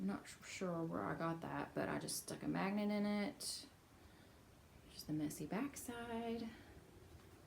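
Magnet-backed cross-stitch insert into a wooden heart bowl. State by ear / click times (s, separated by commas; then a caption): not seated / none. A woman talks while handling a finished cross-stitch piece with a magnet glued to its back, meant to be pressed into a small wooden heart-shaped bowl, with a quieter stretch of low handling noise between her phrases. Nothing has seated or clicked yet.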